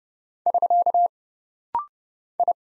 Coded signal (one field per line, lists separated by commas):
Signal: Morse code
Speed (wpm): 29 wpm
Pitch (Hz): 700 Hz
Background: none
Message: <SK> I